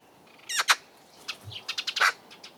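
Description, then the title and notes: Eurasian Magpie giving harsh chatter notes in several short bursts, with quiet pauses between them. "The Eurasian Magpie recording was made by Uku Paal"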